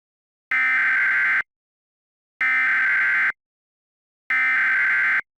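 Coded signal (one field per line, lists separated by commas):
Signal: Emergency Alert System (SAME) tones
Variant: header bursts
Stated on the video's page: Fictional EAS scenario using simulated SAME tones, with sirens credited to others.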